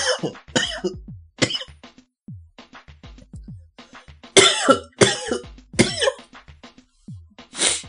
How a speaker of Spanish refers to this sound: perdón. Una tosecita, ¿no? Como siempre.